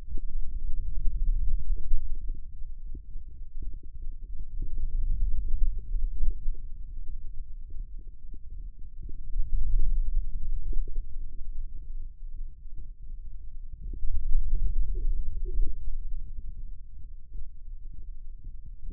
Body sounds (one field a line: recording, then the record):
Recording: forearm muscle sounds (acoustic myography)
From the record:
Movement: finger pinch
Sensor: system 2, bracelet of six BSWA MPA416 microphones around the upper forearm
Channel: 6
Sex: male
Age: 22 years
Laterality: right